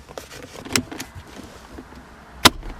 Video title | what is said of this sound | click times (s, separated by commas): $40 Short Throw Shifter Install (Bugeye WRX) | There we go, all that stuff just snaps back into place. | 0.8 s, 2.5 s